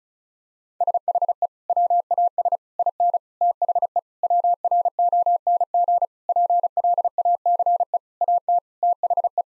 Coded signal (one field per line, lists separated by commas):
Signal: Morse code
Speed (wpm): 34 wpm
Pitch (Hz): 700 Hz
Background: none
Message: SHE WAS IN THE WRONG PLACE AT THE